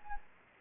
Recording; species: mosquito wingbeat signal from an infrared sensor; Anopheles gambiae